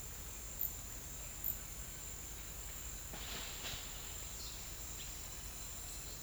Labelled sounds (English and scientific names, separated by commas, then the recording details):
none
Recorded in pastures near Puerto Asís, Putumayo, Colombia, on 26 December 2024 at 07:30
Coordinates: 0.472, -76.329
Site G072